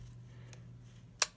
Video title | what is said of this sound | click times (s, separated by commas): Для Кристины. | часовой стрелке до щелчка в | 1.2 s